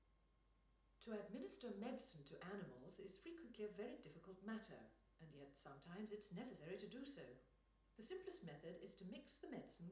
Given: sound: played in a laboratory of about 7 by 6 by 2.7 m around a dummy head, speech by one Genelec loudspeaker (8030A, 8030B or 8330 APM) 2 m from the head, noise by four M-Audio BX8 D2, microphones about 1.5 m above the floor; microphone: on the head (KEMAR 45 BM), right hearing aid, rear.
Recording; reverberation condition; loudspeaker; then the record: female speech in English; medium; 120 degrees to the right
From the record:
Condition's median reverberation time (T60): about 510 ms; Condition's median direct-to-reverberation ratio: about -0.5 dB